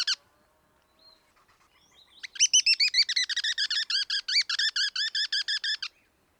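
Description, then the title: Black-crested tit-tyrant giving a fast rattling series of sharp chip notes for about three and a half seconds after a brief opening note, clean quiet background. "Black-crested Tit-Tyrant (Anairetes nigrocristatus)"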